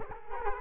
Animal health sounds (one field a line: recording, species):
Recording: mosquito wingbeat signal from an infrared sensor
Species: Culex quinquefasciatus